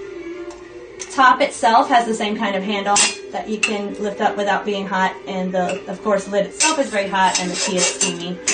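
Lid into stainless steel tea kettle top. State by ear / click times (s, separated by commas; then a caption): not seated / none. Someone talks while handling the hot lid of a Calphalon stainless steel whistling tea kettle, which has a handle on top that can be lifted without getting hot, over steamy tea. A brief sharp clink is heard at about 1.0 s beneath the talking. The lid has not yet been pressed down onto the kettle top, and nothing has clicked or seated yet.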